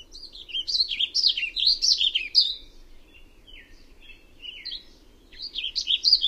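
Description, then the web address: Warbling vireo song, a continuous run of quick looping, slurred notes rising and falling, fading softer in the middle before a bright final burst. "Songs of Birds of North America Know Your Bird Sounds Common Western Species. Warbling Vireo"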